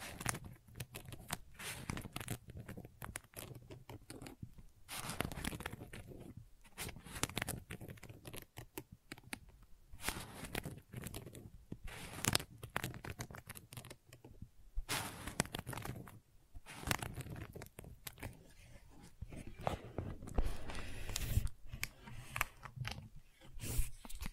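Gentle scratching comes in short, uneven bursts of dry rasping, some sharp and bright, separated by brief quiet gaps throughout.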